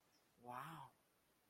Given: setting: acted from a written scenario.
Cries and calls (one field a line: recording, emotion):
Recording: vocal sound without words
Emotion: positive surprise